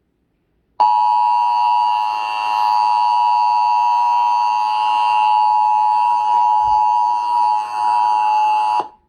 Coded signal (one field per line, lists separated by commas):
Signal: Emergency Alert System (SAME) tones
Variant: 853 and 960 Hz attention tone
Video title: EAS #8: WETA FM RMT for DC Metropolitan Area 11/18/2020